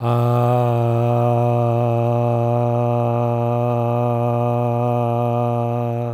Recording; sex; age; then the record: sustained vowel /a/; male; 40 to 49 years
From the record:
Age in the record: 44 years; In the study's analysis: included